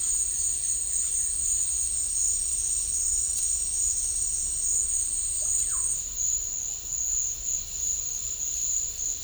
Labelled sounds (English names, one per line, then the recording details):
Russet-backed Oropendola
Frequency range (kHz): Russet-backed Oropendola 0.3-4.3 kHz
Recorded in pastures near Puerto Asís, Putumayo, Colombia, on 18 December 2024 at 13:00
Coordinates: 0.496, -76.326
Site G004